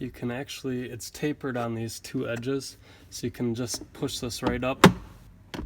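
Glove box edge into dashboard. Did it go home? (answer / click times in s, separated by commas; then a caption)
yes / 5.5 s. A 2018 Honda Accord Sport 1.5 glove box, with plastic edges tapered on two sides, is pushed straight up into the dashboard while someone talks. A single sharp click at 5.5 seconds marks the glove box edge seating in place.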